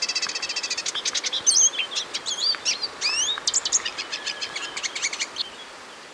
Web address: Natures Songs S America Birds of Ecuador Olivaceous Siskin